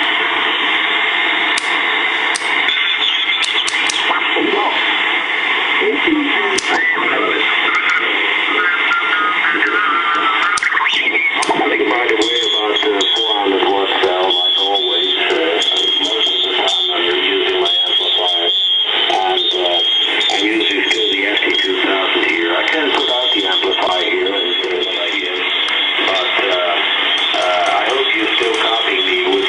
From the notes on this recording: Tuning in the digital tube tuner on the 1.5 to 30 megacycles band in the USB/LSB/CW/AM/FM set.